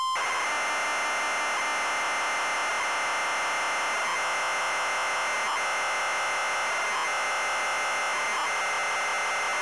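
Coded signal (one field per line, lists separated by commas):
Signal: ZX Spectrum tape loading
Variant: ZX Spectrum +2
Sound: continuous harsh buzzing screech of data loading, with slight rhythmic warbling changes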